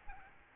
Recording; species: mosquito wingbeat signal from an infrared sensor; Aedes albopictus